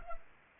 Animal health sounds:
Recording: mosquito wingbeat signal from an infrared sensor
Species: Culex pipiens

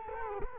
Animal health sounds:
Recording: mosquito wingbeat signal from an infrared sensor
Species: Culex quinquefasciatus

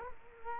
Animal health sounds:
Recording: mosquito wingbeat signal from an infrared sensor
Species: Culex quinquefasciatus

